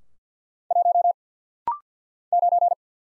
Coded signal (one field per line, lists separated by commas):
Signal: Morse code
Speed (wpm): 50 wpm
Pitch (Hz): 700 Hz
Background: none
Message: 1 9